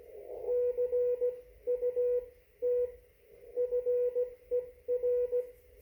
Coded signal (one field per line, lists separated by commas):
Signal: Morse code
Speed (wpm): 16 wpm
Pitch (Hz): 490 Hz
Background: radio noise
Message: CUT FER